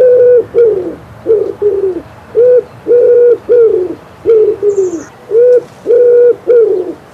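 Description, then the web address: Common wood pigeon song: mellow, breathy coos in a steady rhythmic series; a faint high twitter once. "Przyroda Ptaki Grzywacz"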